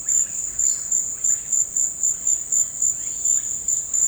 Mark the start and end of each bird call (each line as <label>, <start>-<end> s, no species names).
bird call, 0.00-4.08 s